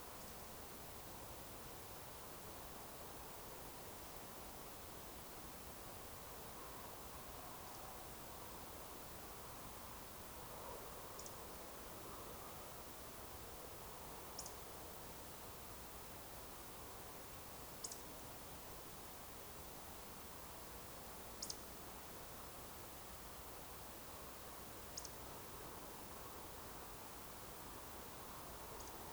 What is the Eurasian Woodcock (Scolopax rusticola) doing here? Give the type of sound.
whistle